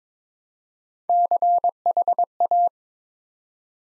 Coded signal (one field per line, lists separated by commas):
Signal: Morse code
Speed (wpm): 22 wpm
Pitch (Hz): 700 Hz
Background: none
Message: CHA